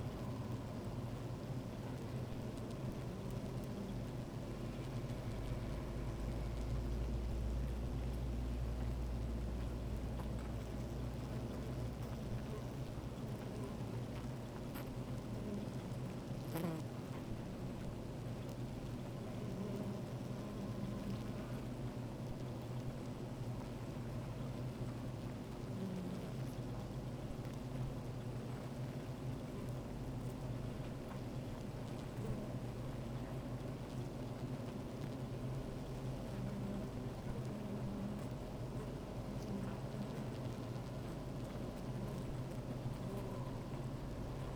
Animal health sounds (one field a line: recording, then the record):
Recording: honeybee colony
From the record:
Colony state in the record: active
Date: 28 July 2017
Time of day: 13:48